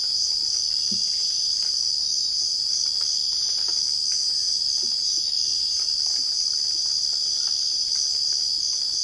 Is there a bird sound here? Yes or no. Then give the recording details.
no. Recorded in secondary vegetation near Puerto Asís, Putumayo, Colombia, on 12 March 2025 at 05:30. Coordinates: 0.488, -76.319. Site G095